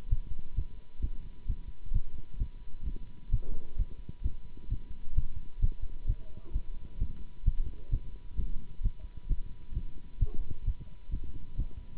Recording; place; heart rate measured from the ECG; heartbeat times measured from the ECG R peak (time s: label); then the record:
heart sounds by stethoscope; between the tricuspid and mitral areas; 131 bpm
0.10 s: heartbeat
0.56 s: heartbeat
1.01 s: heartbeat
1.47 s: heartbeat
1.93 s: heartbeat
2.39 s: heartbeat
2.85 s: heartbeat
3.31 s: heartbeat
3.77 s: heartbeat
4.23 s: heartbeat
4.69 s: heartbeat
5.15 s: heartbeat
5.61 s: heartbeat
6.07 s: heartbeat
6.53 s: heartbeat
6.99 s: heartbeat
7.45 s: heartbeat
7.91 s: heartbeat
8.37 s: heartbeat
8.82 s: heartbeat
9.28 s: heartbeat
9.74 s: heartbeat
10.19 s: heartbeat
10.65 s: heartbeat
11.11 s: heartbeat
11.56 s: heartbeat
From the record:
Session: Bruce protocol treadmill stress test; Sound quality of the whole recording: good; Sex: male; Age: 24 years